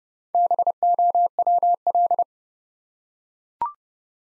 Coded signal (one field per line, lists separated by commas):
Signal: Morse code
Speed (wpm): 30 wpm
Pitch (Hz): 700 Hz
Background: none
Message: BOWL